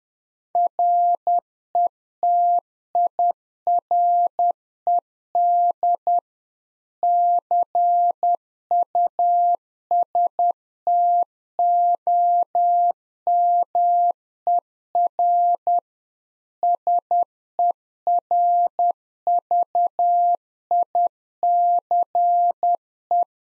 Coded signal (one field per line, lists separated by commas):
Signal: Morse code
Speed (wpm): 10 wpm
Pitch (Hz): 700 Hz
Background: none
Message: RETIRED CUSTOMER SERVICE